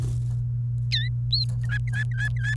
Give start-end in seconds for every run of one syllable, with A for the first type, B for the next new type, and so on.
0.92-1.08 A, 1.63-2.54 B